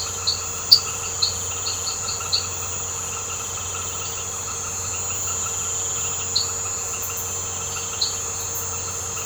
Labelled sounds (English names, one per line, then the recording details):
none
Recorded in secondary vegetation near Puerto Asís, Putumayo, Colombia, on 21 March 2025 at 20:30
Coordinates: 0.468, -76.324
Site G059